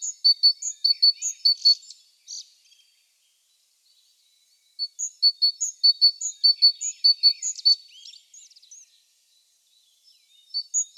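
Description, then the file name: Great tit repeating a high, sharp two-note phrase in quick series, pausing, then resuming with another long run of the same see-saw notes. "Parus major"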